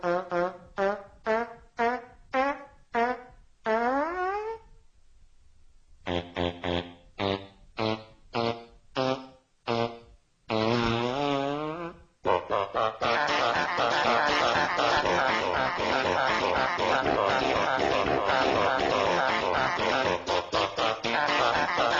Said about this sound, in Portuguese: num duelo de banjos flatulentos